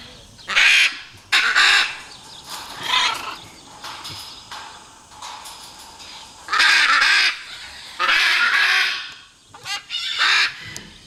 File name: guacamayo ara ambigua